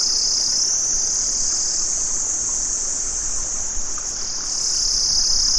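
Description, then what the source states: Cicadas buzz in a continuous high, shrill drone that slowly wavers in pitch. Cicadas recorded in Vietnam.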